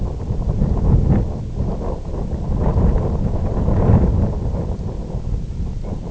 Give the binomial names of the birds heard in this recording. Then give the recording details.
none. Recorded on Arctic tundra, site IGLO-F, on 18 June 2018. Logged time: 22:00